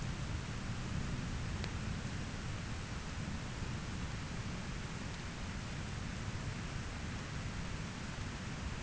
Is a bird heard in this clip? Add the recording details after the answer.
no. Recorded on Arctic tundra, site ZACK-1, on 13 June 2019. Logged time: 09:49